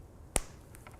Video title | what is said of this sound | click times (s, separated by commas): Little Ghostie Amigurumi | And I'm going to push this together. And you should be able to hear it click | 0.4 s